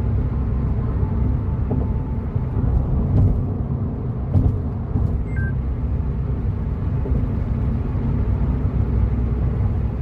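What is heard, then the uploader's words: A car on the highway at night, its low engine and road rumble holding steady for the whole stretch. A few short clicks and ticks break through near the three, four and five second marks, with a brief faint tone just after five seconds. Late Night Drive On The Highway. The other cars whizz.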